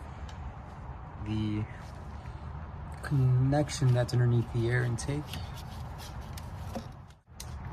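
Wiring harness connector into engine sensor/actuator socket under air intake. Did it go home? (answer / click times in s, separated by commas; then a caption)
yes / 7.4 s. On a 2017 Hyundai Tucson 1.6L GDI during a turbo actuator replacement, a wiring harness connector under the air intake is pushed onto its mating plug at an engine sensor/actuator socket. Someone talks, then a sharp click is heard at 7.4 s as the connector pops into place and seats.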